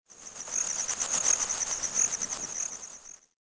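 Cicada buzzing, a dense high-pitched rasping drone holding steady for about three seconds before stopping abruptly.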